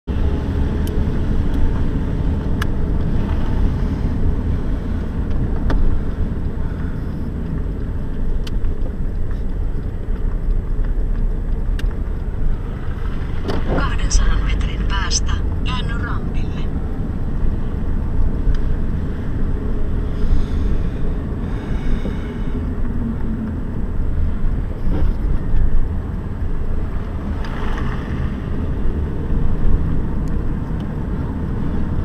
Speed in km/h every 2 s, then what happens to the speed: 30, 29, 27, 16, 11, 11, 18, 22, 26, 30, 30, 27, 21, 27, 31, 32.
0-10 slows to 11. 10-18 speeds up to 30. 18-25 slows to 21. 25-27 speeds up to 31.